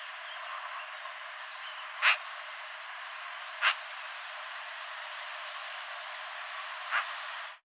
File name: Pica pica